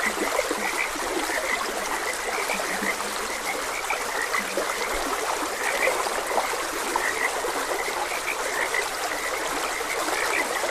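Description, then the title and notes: Frogs croaking in a dense chorus, many overlapping short calls repeating steadily, over a constant rushing trickle of flowing water. Frogs croaking beside a gentle stream. "Frogs Croaking. Sleep and Relaxation Podcast"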